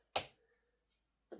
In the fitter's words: and then they they lock into place with those little tabs.